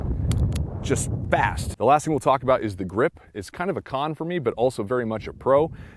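A metal 9mm/.357 cylinder, refitted onto the crane of a Nighthawk Custom Korth NXS .357 Magnum revolver by lining the post up with the hole and pushing it in while holding the silver release button until it locks, is swung closed into the frame. Two short sharp clicks at 0.3 s and 0.6 s mark the cylinder closing and latching. Someone then talks.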